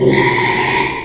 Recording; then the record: squeal of a Yucatan mini pig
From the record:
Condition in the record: after surgery on the right vocal fold (resection and tissue-engineered implant); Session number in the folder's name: 1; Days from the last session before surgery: 6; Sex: male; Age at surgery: 12 weeks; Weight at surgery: 13 kg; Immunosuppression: cyclosporine, prednisolone